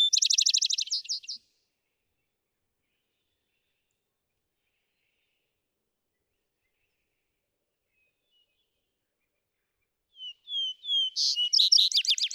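Vesper sparrow song: a rapid trill ends the first phrase, long silence follows, then a new song begins with soft whistles and bright chips.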